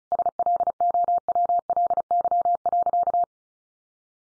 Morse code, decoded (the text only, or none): SLOWLY.